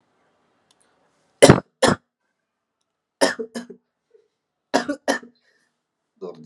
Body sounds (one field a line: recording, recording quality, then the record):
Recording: heavy voluntary cough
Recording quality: excellent, no background noise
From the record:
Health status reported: exposed to COVID-19, no respiratory illness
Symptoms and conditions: cough, sore throat, muscle pain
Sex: male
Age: 24 years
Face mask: not worn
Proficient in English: yes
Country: India